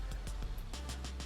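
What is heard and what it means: A driver airbag module is handled at a BMW steering wheel before being pressed in so its spring clips latch and lock it in place. Short, sharp handling knocks land at about 0.1, 0.3, 0.7 and 1.2 seconds over a steady low hum. Nothing has seated or clicked yet.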